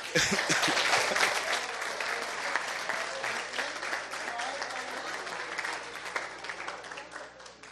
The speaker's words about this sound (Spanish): Usted, denle un aplauso al Señor.